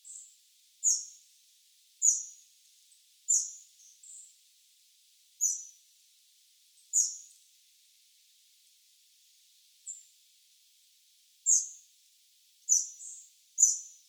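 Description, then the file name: Eurasian wren calls: short, sharp high ticks repeated at uneven intervals, mostly a second or more apart. "Troglodytes troglodytes"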